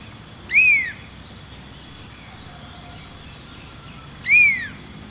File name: Elaenia spectabilis - Large Elaenia